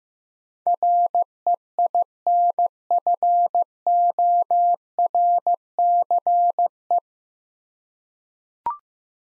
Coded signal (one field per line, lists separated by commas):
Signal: Morse code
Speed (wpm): 15 wpm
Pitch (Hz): 700 Hz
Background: none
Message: REINFORCE